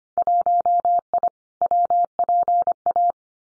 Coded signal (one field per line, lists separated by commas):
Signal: Morse code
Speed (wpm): 25 wpm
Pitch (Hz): 700 Hz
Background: none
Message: 1I WPA